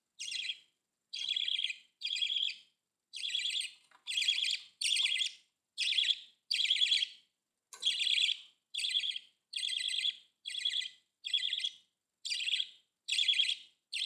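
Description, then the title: Budgerigar calls, a long series of harsh chattering bursts, roughly one per second, without a break. "Budgie Sounds"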